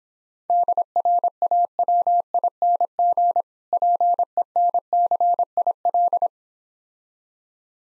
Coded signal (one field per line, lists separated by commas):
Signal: Morse code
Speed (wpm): 26 wpm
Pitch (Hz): 700 Hz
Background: none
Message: DRAWING PENCIL